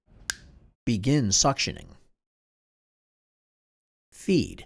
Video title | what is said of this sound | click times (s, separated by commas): ENFit Salem Sump with MFP Video - Cardinal Health | listen for an audible click | 0.3 s